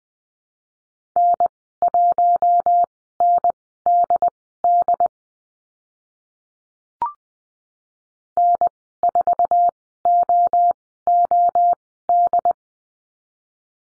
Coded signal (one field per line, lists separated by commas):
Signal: Morse code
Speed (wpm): 20 wpm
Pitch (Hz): 700 Hz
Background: none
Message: N1NDD N4OOD